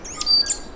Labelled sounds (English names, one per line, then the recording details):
Stitchbird song
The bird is a male
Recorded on Tiritiri Matangi Island, New Zealand, in 2005
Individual 1, of nest box 1